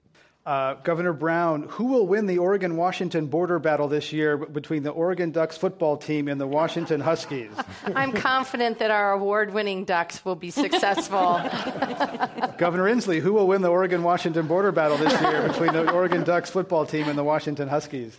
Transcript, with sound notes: Governor Brown, who will win the Oregon, Washington border battle this year between the Oregon Ducks football team and the Washington Huskies?
I’m confident that our award-winning Ducks will be successful.
[Laughter]
Governor Inslee, who will win the Oregon, Washington border battle this year between Oregon Ducks football team and the Washington Huskies?